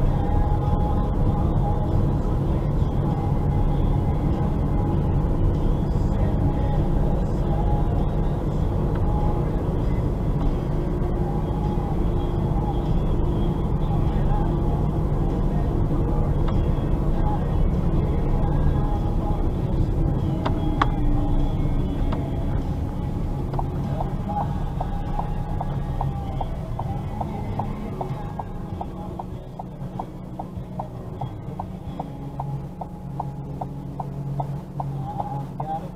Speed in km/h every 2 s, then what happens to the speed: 37, 37, 39, 40, 41, 41, 40, 39, 38, 38, 34, 28, 17, 8, 0, 0, 0, 0.
0-19 steady at about 39. 19-28 brakes to 0. 28-36 standing.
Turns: none.